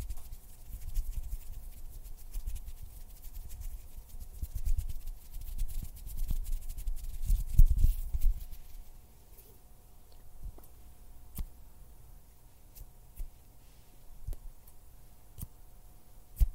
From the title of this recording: Hand sounds, finger fluttering, mouth sounds